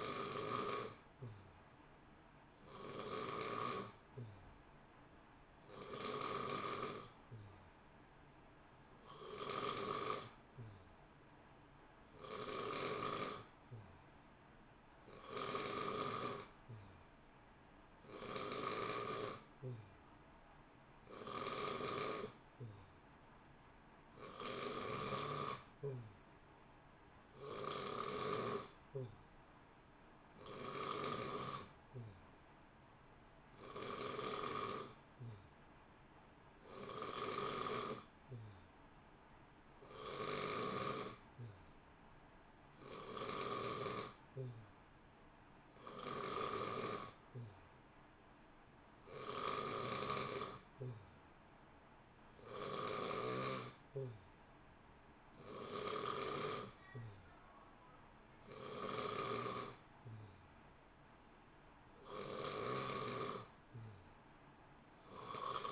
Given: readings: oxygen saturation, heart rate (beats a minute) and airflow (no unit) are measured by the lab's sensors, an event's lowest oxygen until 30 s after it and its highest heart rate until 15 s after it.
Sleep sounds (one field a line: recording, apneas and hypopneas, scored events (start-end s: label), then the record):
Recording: breathing in sleep by a voice recorder at the bedside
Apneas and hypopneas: none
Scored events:
none scored
From the record:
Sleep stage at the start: N2 (light sleep)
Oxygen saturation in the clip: 89 to 90%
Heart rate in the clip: 59 to 63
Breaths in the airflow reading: 21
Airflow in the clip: -0.8 to 0.8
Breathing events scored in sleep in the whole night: 328 in 6.3 hours asleep